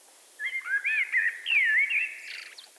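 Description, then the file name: Eurasian blackbird singing one smooth flowing phrase of low mellow whistles with swooping notes, trailing off in a faint scratchy twitter. "Turdus merula"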